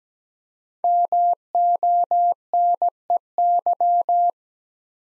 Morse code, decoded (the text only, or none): MONEY